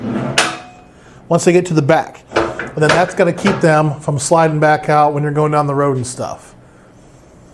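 A Kwikee RV cargo slide rail kit (LC370783) for the Kwikee SuperSlide II, with 48-inch powder-coated steel slide rails, is handled as the rails are slid back toward their rear lock, which keeps them from sliding out while driving. A brief sound comes near the start, then someone talks from about 1.3 to 6.3 seconds over a quiet background. Nothing has seated or clicked yet.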